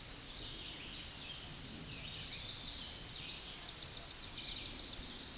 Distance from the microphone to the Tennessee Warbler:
about 30 m